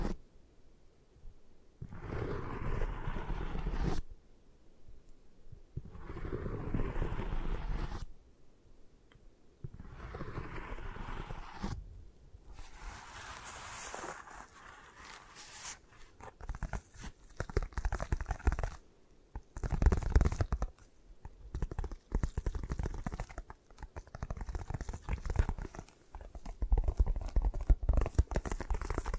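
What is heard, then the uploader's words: Soft handling sounds for an eye massage: first three separate rubbing strokes of about two seconds each, with quiet gaps, each rising in brightness. From around twelve seconds it turns to dense, irregular tapping and scratching with quick crisp clicks over a low rumble. ASMR Hypnotic Triggers for Sleep 3D Eye Massage, Tapping, Scratching (No Talking).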